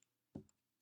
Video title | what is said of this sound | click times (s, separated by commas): CordEze Pivot for High Volume Evacuation (HVE) demo | just snaps right into the wristband and you're | 0.4 s